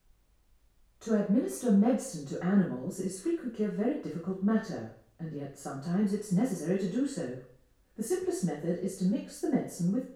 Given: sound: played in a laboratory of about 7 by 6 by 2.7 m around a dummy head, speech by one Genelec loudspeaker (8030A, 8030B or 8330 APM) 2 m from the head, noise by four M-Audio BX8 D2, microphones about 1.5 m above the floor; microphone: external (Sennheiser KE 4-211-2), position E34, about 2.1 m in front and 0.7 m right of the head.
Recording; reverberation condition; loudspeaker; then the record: female speech in English; medium; 60 degrees to the right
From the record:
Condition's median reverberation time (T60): about 510 ms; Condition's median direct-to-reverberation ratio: about -0.5 dB